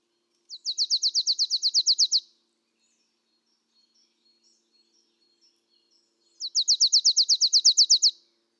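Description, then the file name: Marsh tit calling in two bursts of many rapid, high notes, separated by a few seconds of very faint scattered chips. "Poecile palustris"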